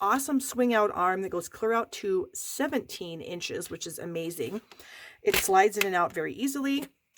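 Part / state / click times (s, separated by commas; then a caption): swing-out arm into paper trimmer body notch / not seated / none. Someone talks while handling the swing-out measuring arm of a lightweight paper trimmer, which extends out to 17 inches and slides in and out of the trimmer body. Two brief faint sounds come at about 7.2 s as speech ends. Nothing has seated yet; the arm has not locked into its small notch in the trimmer body.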